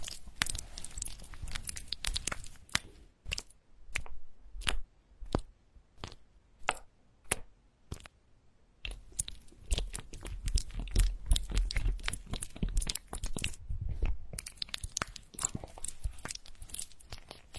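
Sharp crunchy taps and tearing sounds, like wet skin being smeared and slapped during a massage. The taps come in quick irregular bursts, sparse around the middle and crowding together densely from about nine seconds on, with a low thump under many hits.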